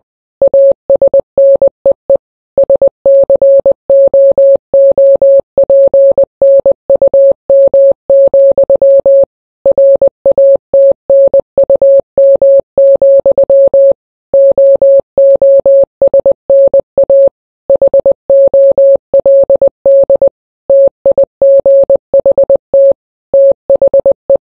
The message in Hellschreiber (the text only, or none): none